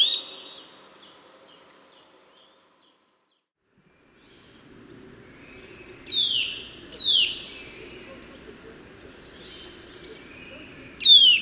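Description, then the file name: Eurasian nuthatch calling: a rapid run of short notes, then a quiet gap, then three loud downslurred whistles spaced about one to four seconds apart, over background noise. "Sitta europaea"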